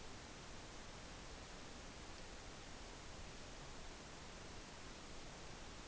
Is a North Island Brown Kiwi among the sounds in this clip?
no